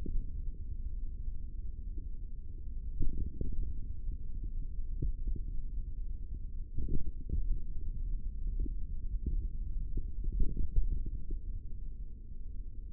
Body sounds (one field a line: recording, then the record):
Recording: forearm muscle sounds (acoustic myography)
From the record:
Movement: tripod grip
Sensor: system 3, bracelet of six PUI Audio POM-2738L microphones around the upper forearm, with dedicated amplification and filtering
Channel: 5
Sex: male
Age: 23 years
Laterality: right